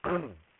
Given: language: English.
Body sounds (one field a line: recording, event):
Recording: throat vibration sensor signal played as sound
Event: throat clearing